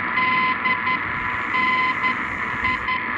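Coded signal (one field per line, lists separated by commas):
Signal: Morse code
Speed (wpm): 12 wpm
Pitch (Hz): 1020 Hz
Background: none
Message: DNI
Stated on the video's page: Morse compared on Icom 9500 and Icom 75 receivers.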